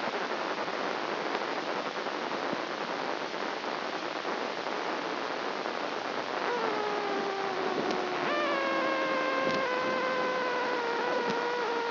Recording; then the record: brain microelectrode recording played as sound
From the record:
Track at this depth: outside the subthalamic nucleus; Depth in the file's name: 1.006 mm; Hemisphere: right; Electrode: 2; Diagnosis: Parkinson's disease